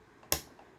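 A plastic panel on a Transformers Studio Series 76 Thrust transforming robot action figure is flipped up until it clicks into place. A single short, sharp plastic click is heard at 0.3 s against a quiet background. The click means the panel is locked in.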